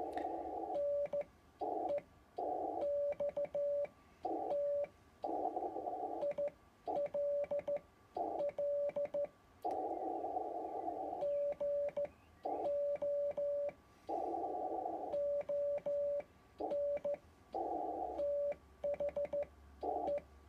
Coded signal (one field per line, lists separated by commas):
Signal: Morse code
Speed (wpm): 14 wpm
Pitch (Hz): 580 Hz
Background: radio noise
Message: NEXT ILL GO ON THE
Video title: Kent Key